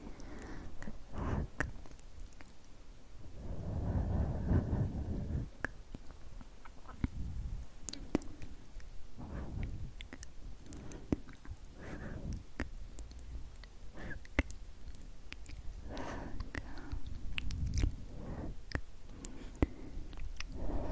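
Slow, tingly "sksk" mouth sounds in soft crackly bursts, with sharp clicks scattered throughout and denser, lower rustling swells around five and sixteen seconds.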